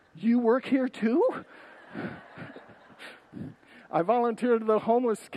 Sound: congregants laugh